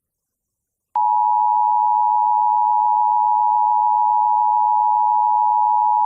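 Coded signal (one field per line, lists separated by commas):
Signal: Emergency Alert System (SAME) tones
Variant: 853 and 960 Hz attention tone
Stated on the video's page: Remake, not a live capture, of the National Periodic Test.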